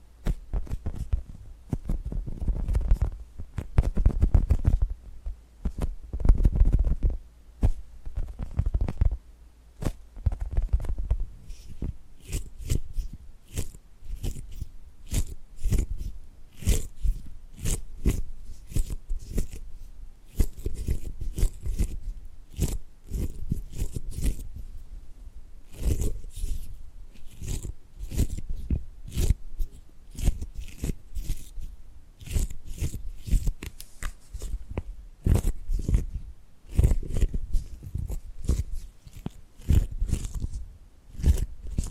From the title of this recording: Tapping and Gripping Sounds